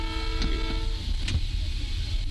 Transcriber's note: train horn sounds